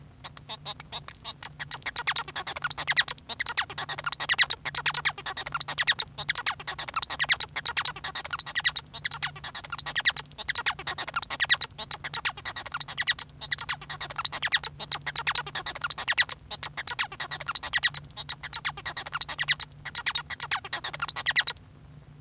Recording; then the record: song of a male Bengalese finch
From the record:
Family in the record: son of father 1